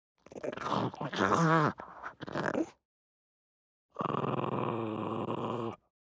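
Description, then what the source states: Pug snarling in two bursts, a rough, voiced, wavering growl with strained harmonics lasting about two seconds each, separated by a short silence. Medium-intensity snarl.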